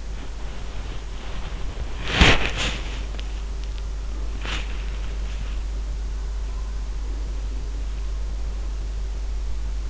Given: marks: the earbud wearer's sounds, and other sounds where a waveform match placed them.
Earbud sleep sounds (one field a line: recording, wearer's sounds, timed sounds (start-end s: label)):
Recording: sounds in sleep by an in-ear microphone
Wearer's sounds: body movement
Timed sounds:
0.00-5.78 s: body movement